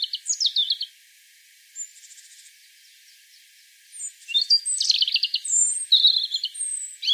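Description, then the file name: European robin singing high twittering phrases: a short opening burst, a long lull, then a busy sequence of squeaky whistles and trills. "Erithacus rubecula"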